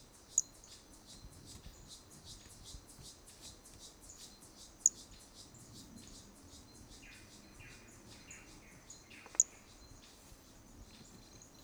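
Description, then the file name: Hermogenes' toadlet calls: three sharp, very high-pitched clicks spaced about four and a half seconds apart over a steady high insect whine, with faint lower chirps near the end. Recorded at Trilha do Ipiranga in 2021; individual 2; the first three notes of the call are missing from the recording. "MHNCI Brachy hermogenesi Trilha do Ipiranga ind 2 three starting notes lost"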